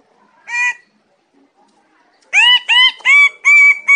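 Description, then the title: Bird-of-paradise calling: one loud nasal note, a pause, then five loud, harsh, honking notes in quick succession. Master song used for training songbirds. "Kicau Master Cendrawasih"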